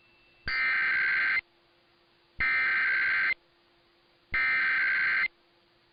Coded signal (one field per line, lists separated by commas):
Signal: Emergency Alert System (SAME) tones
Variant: header bursts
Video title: EAS- Required Monthly Test (RMT) on KSL-AM 1160 (10/27/23)